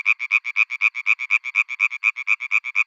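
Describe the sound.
European tree frog calling: loud, harsh, nasal notes repeated quickly and evenly, about eight per second throughout, with no other sounds.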